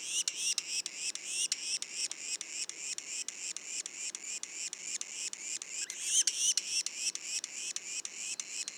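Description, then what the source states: Yellow-bellied sapsucker juvenile calls: buzzy, hissing, high notes pulsing rapidly and regularly, about three to four per second, with a few sharper squeaks later. Juveniles, Mont-Orford National Park, Quebec.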